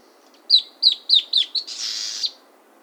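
Bird song of five quick, high, downslurred notes, evenly spaced, then a short dry buzzy trill with a final falling note.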